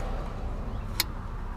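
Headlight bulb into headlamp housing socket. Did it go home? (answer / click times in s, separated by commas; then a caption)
yes / 1.0 s. A new headlight bulb for a 2012–2016 Chevy Sonic, with its three tabs lined up, is turned clockwise in the plastic headlamp housing socket over a steady low background rumble. A single sharp, bright click sounds at 1.0 s as the bulb seats and locks in place.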